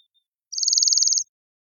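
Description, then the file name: Bohemian waxwing uttering a single high, sibilant trill lasting under a second, a rapid string of pulses at even pitch, with silence around it. "Bombycilla garrulus"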